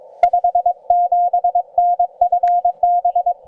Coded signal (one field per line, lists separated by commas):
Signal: Morse code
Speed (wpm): 22 wpm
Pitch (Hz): 700 Hz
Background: none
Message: 57N FB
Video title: 5 watts for Summits on the Air on VHF, HF and CW